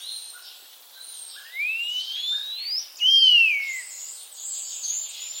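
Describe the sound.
Common starling making long, smooth whistles that rise and then slide down, with faint high tones and softer chatter around them.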